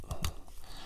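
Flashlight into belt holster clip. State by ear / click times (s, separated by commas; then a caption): partly seated / 0.1 s, 0.2 s. A flashlight, an Olight M2R Warrior, is pushed into its plastic belt holster clip, making two soft clicks at 0.1 s and 0.3 s. The clip engages only weakly and feels loose rather than snapping firmly into place.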